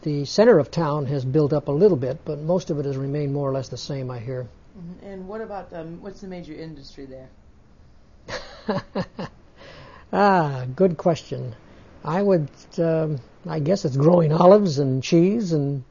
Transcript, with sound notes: center of town has built up a little bit, but most of it has remained more or less the same, I hear.
And what about, what's the major industry there?
( he laughs ) Ah, good question. I would, I guess it's growing olives and cheese and